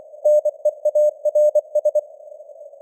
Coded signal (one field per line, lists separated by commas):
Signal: Morse code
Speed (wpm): 24 wpm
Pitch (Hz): 600 Hz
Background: none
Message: NEARS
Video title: Morse Code News | 2025-09-30 | 24wpm